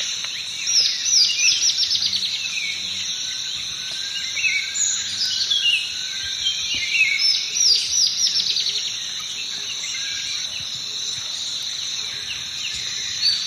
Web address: Natures Songs S America Eastern Lowlands. Microrhopias quixensis, song